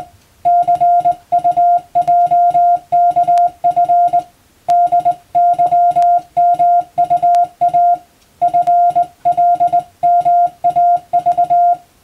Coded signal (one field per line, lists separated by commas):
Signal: Morse code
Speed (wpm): 21 wpm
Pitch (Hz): 700 Hz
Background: music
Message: CUJKF DYMUA FLMAV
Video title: 【Radio operator morse practice】This is a practice scene for the practical exam for radio operators.